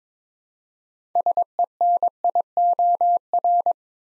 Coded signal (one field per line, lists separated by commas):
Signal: Morse code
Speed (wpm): 22 wpm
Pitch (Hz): 700 Hz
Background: none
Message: SENIOR